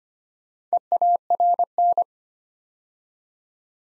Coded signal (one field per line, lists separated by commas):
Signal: Morse code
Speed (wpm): 25 wpm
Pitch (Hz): 700 Hz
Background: none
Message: EARN